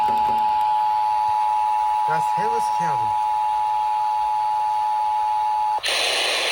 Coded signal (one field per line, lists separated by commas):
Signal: Emergency Alert System (SAME) tones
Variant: 853 and 960 Hz attention tone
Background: speech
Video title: KKXX CAUGHT IT A TEST... EAS Alerts from June 2025 (EAS#4,153 - #4,197)